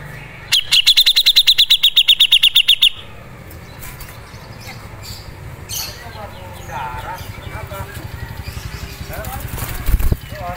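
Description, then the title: Grey-cheeked Bulbul, a rapid run of sharp, high chipping notes repeated for about two seconds, followed by softer scattered chirps over low background rumble. Masteran training audio. "MASTERAN CUCAK JENGGOT"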